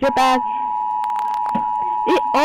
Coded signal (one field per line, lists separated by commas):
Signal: Emergency Alert System (SAME) tones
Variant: 853 and 960 Hz attention tone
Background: speech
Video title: Eas alarms from around the world (REACTION)